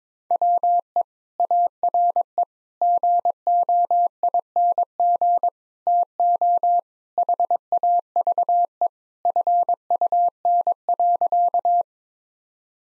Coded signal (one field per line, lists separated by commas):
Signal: Morse code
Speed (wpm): 22 wpm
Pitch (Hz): 700 Hz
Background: none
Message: WE ARE GOING TO HAVE FUN.